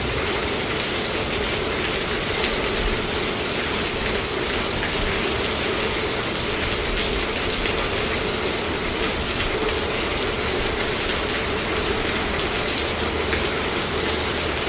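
Rain pelts a garage roof in a steady, dense patter, with countless fine drops ticking brightly. The level holds even for the whole stretch, with a soft low hum underneath and no distinct events rising above the wash.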